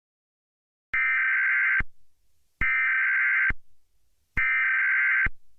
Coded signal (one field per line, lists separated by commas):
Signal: Emergency Alert System (SAME) tones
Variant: header bursts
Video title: EAS Scenario - "Splatter"